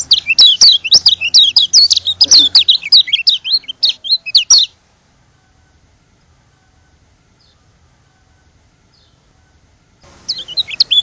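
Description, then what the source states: White-eye twittering song, quick high chirps and slurred notes for nearly five seconds, a long silence, then the song starts again briefly at the end. From Lombok.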